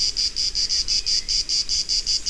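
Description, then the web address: Grey cicada song: a high, rasping buzz pulsed rapidly about five times per second in an even, continuous rhythm, with a low background rumble. "zikaden orni"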